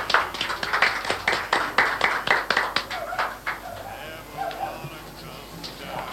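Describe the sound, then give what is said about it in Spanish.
A short round of applause in a studio welcoming a guest: brisk, sharp hand claps from a small group, loud for about three seconds, then tapering off as faint voices murmur underneath. “Así que lo recibimos con un aplauso.”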